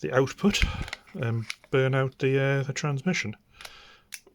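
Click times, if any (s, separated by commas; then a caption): 4.1 s. A plastic battery pack is slid onto the back of a Retevis Ailunce HA1G handheld two-way GMRS radio while someone talks, followed by a few faint plastic ticks. It latches with a firm click at 4.1 s and sits with no movement afterwards.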